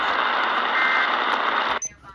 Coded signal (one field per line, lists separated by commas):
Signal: Emergency Alert System (SAME) tones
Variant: end-of-message bursts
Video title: March Madness: Tornado Drill Edition …EAS Tests From March 8-9, 2022